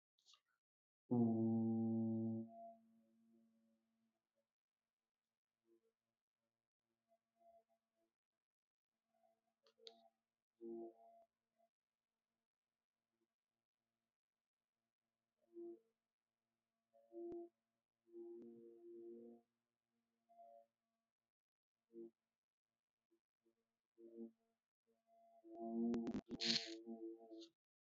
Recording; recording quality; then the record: sustained vowel as in boot; moderate, slight background noise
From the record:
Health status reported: healthy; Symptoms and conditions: none ticked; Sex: male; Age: 25 years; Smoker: not ticked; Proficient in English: yes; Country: India